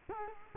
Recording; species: mosquito wingbeat signal from an infrared sensor; Culex quinquefasciatus